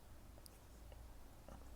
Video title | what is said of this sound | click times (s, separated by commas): S.H. Figuarts Kamen Rider Wizard Flame Style (Shinkocchou Seihou) Review | which snaps right in. | 0.5 s